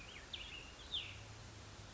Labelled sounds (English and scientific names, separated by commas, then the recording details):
Cassin's Vireo (Vireo cassinii)
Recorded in Sonoma County, California